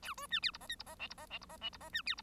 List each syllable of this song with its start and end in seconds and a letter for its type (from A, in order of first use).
0.02-0.14 A, 0.17-0.27 B, 0.30-0.40 C, 0.42-0.51 D, 0.53-0.58 E, 0.60-0.67 F, 0.69-0.75 G, 0.79-0.83 E, 0.86-0.95 F, 0.99-1.07 H, 1.10-1.14 E, 1.17-1.26 F, 1.29-1.38 H, 1.41-1.46 E, 1.49-1.57 F, 1.61-1.70 H, 1.72-1.78 E, 1.80-1.89 F, 1.93-2.02 C, 2.06-2.15 D, 2.17-2.21 E